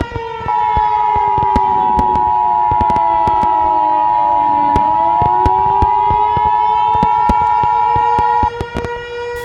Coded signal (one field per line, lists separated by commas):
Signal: Emergency Alert System (SAME) tones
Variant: 853 and 960 Hz attention tone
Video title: EAS Mini: A Drastic Independence Day